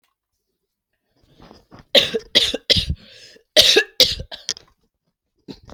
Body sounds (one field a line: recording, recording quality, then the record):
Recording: heavy voluntary cough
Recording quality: excellent, no background noise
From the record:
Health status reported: healthy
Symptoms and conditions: none ticked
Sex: female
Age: 37 years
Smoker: not ticked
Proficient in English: yes